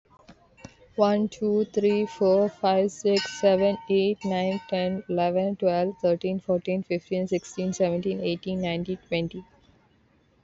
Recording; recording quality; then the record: counting at a normal pace; excellent, no background noise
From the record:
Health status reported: exposed to COVID-19, no respiratory illness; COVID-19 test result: negative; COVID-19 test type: RT-PCR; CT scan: not taken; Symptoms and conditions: cough, cold, sore throat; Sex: female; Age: 25 years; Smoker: no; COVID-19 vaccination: both doses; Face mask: not worn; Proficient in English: yes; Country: India